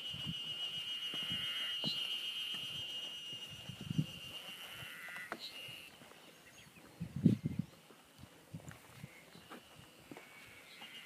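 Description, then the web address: Ezo harusemi cicada drone, high and continuous, fading after a few seconds, while low thumping footsteps and rustling come and go. Recorded just short of Mount Tanzawa on 1 June 2015. "2015 06 01 エゾハルゼミ丹沢山手前"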